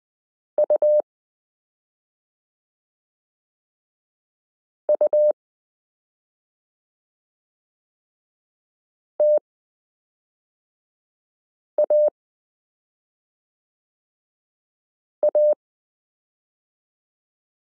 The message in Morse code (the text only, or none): UUTAA